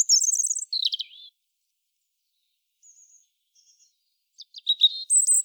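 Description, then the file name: European robin song: high trilled twittering and descending warbled notes, a pause with faint high squeaks, then another bright burst of rapid high trills and whistles. "Erithacus rubecula"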